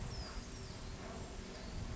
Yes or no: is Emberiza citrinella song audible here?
no